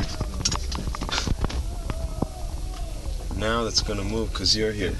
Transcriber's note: sounds of devotees shouting encouragement